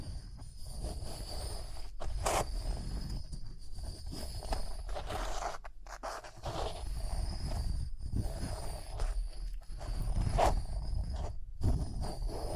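Rhinestones are scratched and brushed in a dense, continuous rasping texture, with a soft rumble underneath and irregular small taps throughout. Brighter clicks stand out near two and ten seconds, and brief gaps break the sound around six and eleven seconds.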